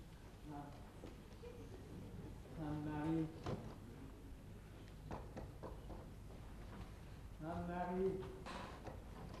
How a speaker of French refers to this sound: Au lever du rideau, la scène est obscure. On entend le bruit d'une porte qu'on essaie d'ouvrir.